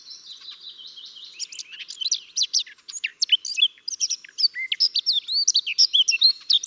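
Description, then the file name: Eurasian blackcap singing: a quiet, scratchy, twittering subsong at first, swelling into loud, rich, fluty whistles and quick slurred notes toward the end. "Sylvia atricapilla"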